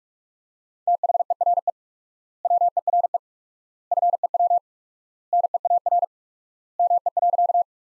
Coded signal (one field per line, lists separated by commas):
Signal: Morse code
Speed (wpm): 45 wpm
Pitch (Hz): 700 Hz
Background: none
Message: THERE WERE FEW NEAR ME.